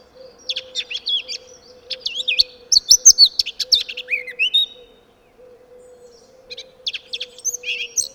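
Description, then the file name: Eurasian blackcap song: a fast, varied warble of high chirps and short whistles in two bursts separated by a brief pause, over a steady low hum. "Sylvia atricapilla"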